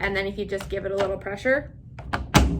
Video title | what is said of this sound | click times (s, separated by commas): How to clean your Chromebook | it'll just snap right in and it's that simple | 2.1 s, 2.4 s